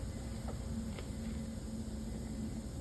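A plastic interior mirror cover (sail panel trim) is handled against the door of a 2014–2019 Nissan Rogue after its power side mirror assembly has been replaced. Over a steady background hiss and low hum, only a faint, brief handling tap is heard at about 1.0 s. Nothing has seated or clicked yet; the trim clips have not snapped home.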